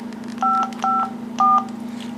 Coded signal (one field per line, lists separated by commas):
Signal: DTMF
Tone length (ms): 210 ms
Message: 554